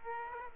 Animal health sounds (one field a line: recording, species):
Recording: mosquito wingbeat signal from an infrared sensor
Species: Aedes aegypti